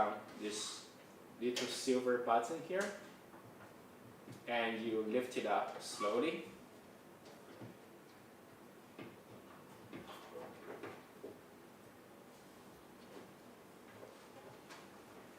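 Someone talks while pressing a small silver button on a Lyroe kitchen appliance and slowly lifting its folding stand upright on the hinge, with light handling taps and ticks in the quieter second half. The stand has not locked yet and nothing has clicked.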